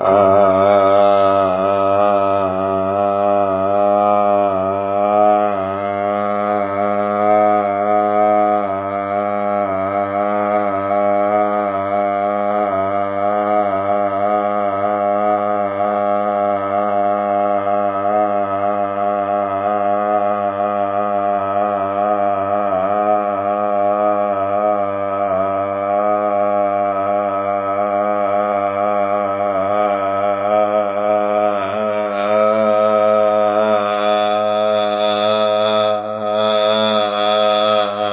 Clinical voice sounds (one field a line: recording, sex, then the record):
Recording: sustained vowel /a/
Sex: male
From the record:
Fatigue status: no fatigue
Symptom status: asymptomatic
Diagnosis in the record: COVID-19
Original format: 3gp